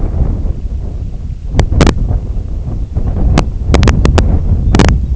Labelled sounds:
Semipalmated Sandpiper
unidentified sound
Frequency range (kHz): Semipalmated Sandpiper 2.0-3.8 kHz
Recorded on Arctic tundra, site IGLO-D, on 23 June 2018
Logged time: 20:00

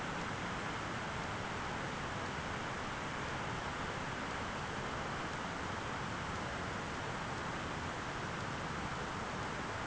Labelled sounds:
none
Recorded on Arctic tundra, site ZACK-1, on 13 June 2019
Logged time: 03:49

